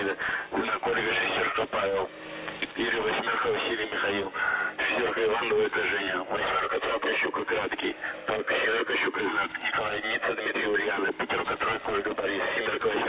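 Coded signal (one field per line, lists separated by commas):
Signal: coded military voice message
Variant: The Pip, Russian voice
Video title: The Pip | 18th August 2023 | "Dlya" Voice Message 2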